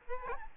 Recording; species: mosquito wingbeat signal from an infrared sensor; Aedes albopictus